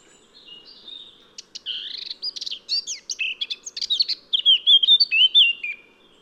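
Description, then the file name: Eurasian blackcap song: quiet subdued warbling that grows into a busy, scratchy chatter and finishes with several loud, pure, whistled phrases; faint low hum behind. "Sylvia atricapilla"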